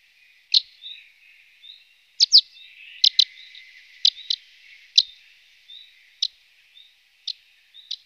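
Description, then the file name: Eurasian crag martin calls: sharp, clipped chip notes, sometimes doubled, spaced irregularly throughout, with soft faint twitters between them. "Felsenschwalbe"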